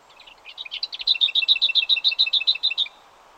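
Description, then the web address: Lesser whitethroat singing: a soft, scratchy warble opening into a dry rattle of rapid, evenly repeated high notes lasting about two seconds. "BBC Whitethroats"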